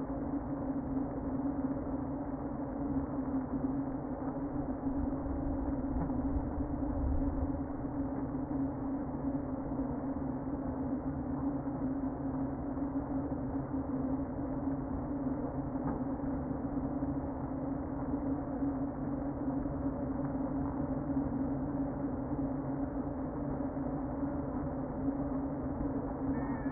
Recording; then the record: honeybee colony, microphone inside the hive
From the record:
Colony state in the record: queen present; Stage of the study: before two queens were removed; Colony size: about 60,000 bees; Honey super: yes